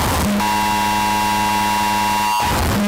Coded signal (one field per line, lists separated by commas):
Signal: Emergency Alert System (SAME) tones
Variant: 853 and 960 Hz attention tone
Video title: Loud EAS alarm (recommend turning down volume)